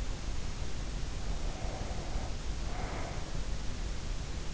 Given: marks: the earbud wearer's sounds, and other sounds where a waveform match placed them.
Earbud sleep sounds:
sounds in sleep by an in-ear microphone; breath
1.31-3.72 s: breath

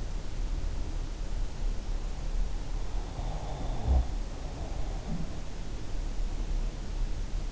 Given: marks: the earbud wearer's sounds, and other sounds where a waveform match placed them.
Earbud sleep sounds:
sounds in sleep by an in-ear microphone; breath
3.16-5.16 s: breath

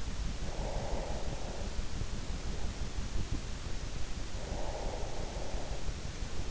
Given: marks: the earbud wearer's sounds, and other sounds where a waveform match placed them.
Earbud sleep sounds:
sounds in sleep by an in-ear microphone; breath
0.27-1.95 s: breath
4.05-6.09 s: breath

